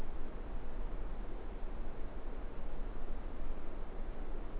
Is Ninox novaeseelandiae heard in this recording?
no